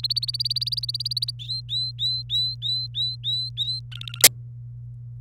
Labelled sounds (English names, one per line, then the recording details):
Domestic Canary song
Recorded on 27 April 2018 at 06:20
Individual llb3